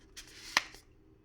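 A 67 mm bayonet lens hood is twisted onto the front of a Sirui Aurora 85 mm f1.4 Z-mount portrait lens. A soft scraping rub from about 0.2 s leads to a sharp snap at 0.6 s as the hood locks into place, followed by a faint tick near 0.7 s. The hood is seated.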